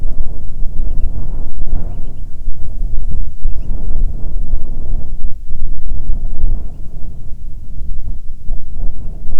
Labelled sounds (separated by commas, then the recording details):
songbird, wind
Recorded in the Arctic National Wildlife Refuge, Alaska, on 9 July 2019 at 21:31
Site 48